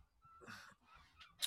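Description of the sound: A sudden, sharp, squawk-like catch of the voice: a single involuntary hiccup from an adult.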